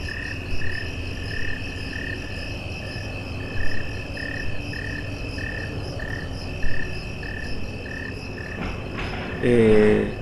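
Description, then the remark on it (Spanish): A summer-night chorus: small frogs repeat short, evenly spaced chirping calls over a steady high buzzing of cicadas, with a brief louder, tonal call breaking in near the end. “A mí me encantan las noches de verano, las ranitas, las chicharras, pero hay un montón, ¿viste?”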